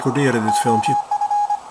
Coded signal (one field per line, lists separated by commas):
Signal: Morse code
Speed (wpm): 25 wpm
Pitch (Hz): 830 Hz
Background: speech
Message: OF